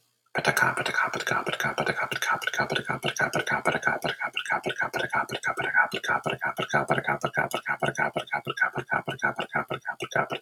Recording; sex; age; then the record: repeated syllables /pa ta ka/; male; 40 to 49 years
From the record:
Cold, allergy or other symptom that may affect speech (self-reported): no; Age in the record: 45 years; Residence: Massachusetts, United States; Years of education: 16